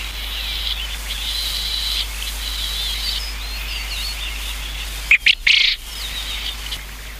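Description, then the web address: Japanese quail delivering one abrupt, raspy triple burst late, after a stretch of high, thin chirping from other birds. "sikioto. uzura"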